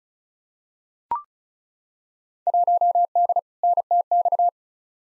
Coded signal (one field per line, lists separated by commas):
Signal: Morse code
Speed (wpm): 36 wpm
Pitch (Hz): 700 Hz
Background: none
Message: 1D NTX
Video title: Field Day Exchange v2 - 35wpm